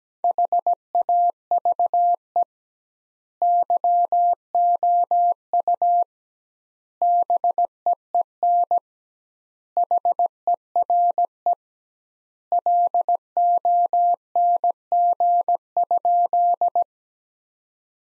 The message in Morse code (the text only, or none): HAVE YOU BEEN HERE LONG?